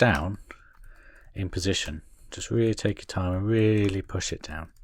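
A plastic part of a DeAgostini Thunderbird 2 pod model kit is pushed down firmly into position in the pod assembly while the glue sets, so it stays put and does not slide away. Someone talks throughout, with a faint brief tap at about 0.8 s. Nothing has seated or clicked yet.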